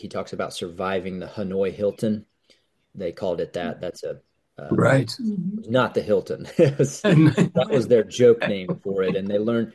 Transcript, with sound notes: He talks about surviving the Hanoi Hilton, they called it that, that's a, uh-
Right.
(laughs)
... not the Hilton (laughs) . That was their joke name for it, and they learned,